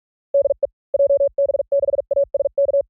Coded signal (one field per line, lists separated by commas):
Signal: Morse code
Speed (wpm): 46 wpm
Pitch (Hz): 560 Hz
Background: none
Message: DE JB6ASK